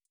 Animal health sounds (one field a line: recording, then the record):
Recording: hydrophone in a shrimp aquaculture tank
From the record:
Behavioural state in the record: feeding